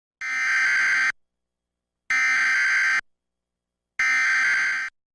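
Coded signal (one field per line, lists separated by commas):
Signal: Emergency Alert System (SAME) tones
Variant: header bursts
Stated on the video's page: Required Monthly Test for New York City Operational Area, originated by WCBS AM and relayed on all area radio and TV stations.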